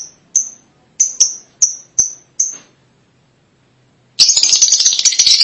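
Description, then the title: Lovebird calls: several sharp high chirps, a pause, then an abrupt loud burst of harsh, continuous chattering. "Suara Burung Lovebird"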